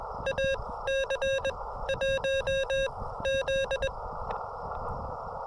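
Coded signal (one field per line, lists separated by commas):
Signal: Morse code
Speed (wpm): 21 wpm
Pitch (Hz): 540 Hz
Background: none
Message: AC1Z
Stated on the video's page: Morse from a summit activation using an Elecraft KX2 transceiver with a CHA MPAS Lite antenna.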